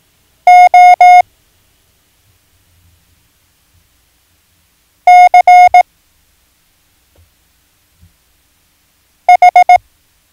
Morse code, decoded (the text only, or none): O C H